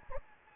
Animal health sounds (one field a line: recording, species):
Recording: mosquito wingbeat signal from an infrared sensor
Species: Anopheles gambiae